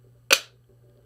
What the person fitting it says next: okay and you may have heard that click